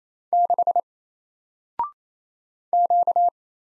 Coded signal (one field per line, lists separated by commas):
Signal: Morse code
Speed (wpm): 27 wpm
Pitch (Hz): 700 Hz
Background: none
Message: 6 Q